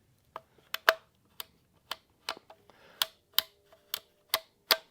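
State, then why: Seated. The bevel lever on a cordless jigsaw is flipped and the metal shoe (base plate) is swung through its bevel angles, 45° and 22.5°, producing a series of sharp, bright clicks. The shoe clicks into its positive detent stops at 0.9, 3.0, 3.4, 3.9, 4.3 and 4.7 seconds, seating firmly each time.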